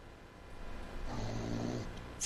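A single low, rumbling inward snore lasting under a second, from an adult asleep in a quiet room.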